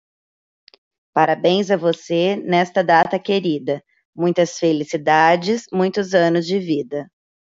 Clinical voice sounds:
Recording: short text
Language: Brazilian Portuguese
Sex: female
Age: 30 to 39 years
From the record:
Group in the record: control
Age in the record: 34 years

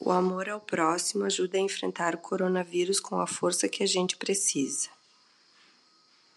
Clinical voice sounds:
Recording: spoken sentence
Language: Brazilian Portuguese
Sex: female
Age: 40 to 49 years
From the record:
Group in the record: control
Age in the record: 40 years

